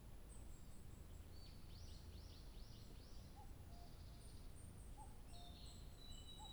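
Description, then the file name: Bird song with a quick run of several descending high sweeps, then soft low notes and thin high chirps, over low noise. 2 July 2023. "birdsong 20230702"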